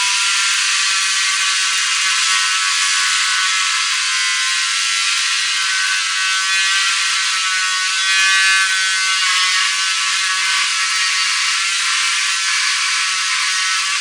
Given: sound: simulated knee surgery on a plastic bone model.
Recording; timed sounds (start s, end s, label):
surgical tools on bone
0.00	14.01	sawing